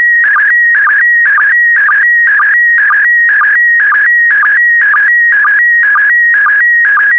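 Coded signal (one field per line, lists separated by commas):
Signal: SSTV (slow-scan television)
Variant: PD120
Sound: steady warbling tone alternating two pitches, with a short low blip about twice a second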